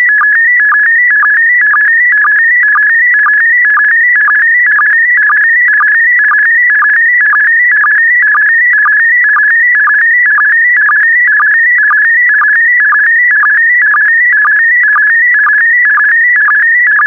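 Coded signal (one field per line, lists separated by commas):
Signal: SSTV (slow-scan television)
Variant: PD120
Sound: warbling electronic tone shifting pitch, with short low blips about twice a second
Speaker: Five, four, three, two, one. Transmission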